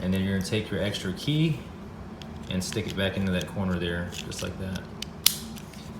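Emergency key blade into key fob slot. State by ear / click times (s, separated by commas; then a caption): seated / 5.3 s. Someone talks while the metal emergency key blade is pushed back into its slot in the plastic Lexus key fob (RCF, RC, ES, GSF, RX, GS, LX) after replacing its CR2032 3V battery. The blade latches with a sharp click at 5.3 s, seated.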